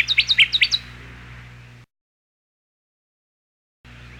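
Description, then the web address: Connecticut warbler singing a short, rapid phrase of about six sharp, bright repeated notes, followed by faint background hum and then a gap of silence. "101 Bird Songs. Connecticut Warbler"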